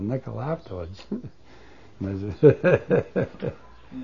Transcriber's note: he laughs